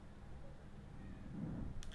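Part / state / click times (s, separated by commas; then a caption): hairspring stud into watch regulator / seated / 1.8 s. During a full service of a vintage HMT Kohinoor mechanical watch, a small part, likely the hairspring stud, is pressed into the regulator. Over a low, steady hum, a short faint tick is heard at 1.8 s as the part locks into the regulator so it will not come out.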